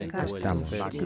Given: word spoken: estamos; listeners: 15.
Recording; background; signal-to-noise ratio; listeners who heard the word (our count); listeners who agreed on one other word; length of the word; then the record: one Spanish word in noise, from a listening test; four-talker babble; 0.7 dB; 6 of 15; 6 of 15; 0.66 s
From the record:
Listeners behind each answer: 6, 6, 1, 1, 1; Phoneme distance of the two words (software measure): 17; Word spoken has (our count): 3 syllables, 7 phonemes, stress on syllable 2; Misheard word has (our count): 3 syllables, 8 phonemes, stress on syllable 2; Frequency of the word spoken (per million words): 167.11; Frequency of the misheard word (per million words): 0.81